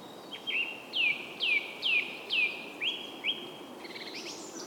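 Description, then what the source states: Bird song: a run of clear downslurred whistled notes, about two per second, slipping from high to lower pitch, ending in a faster higher twitter over soft background hiss. Soundscape.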